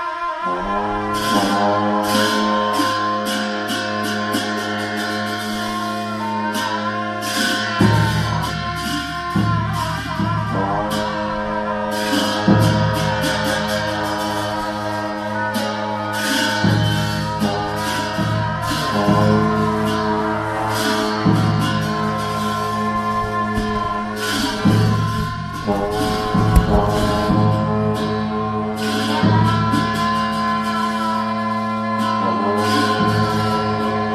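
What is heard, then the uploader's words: Buddhist monks play music in Lamayuru gompa: a loud, unbroken drone of deep sustained tones, with higher wavering notes that bend and shift. Sharp cymbal or drum strikes land about every second throughout, sometimes in quick clustered bursts. Buddhist monks playing music in Lamayuru gompa.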